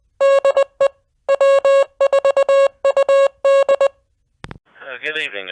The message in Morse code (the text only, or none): DE W4UD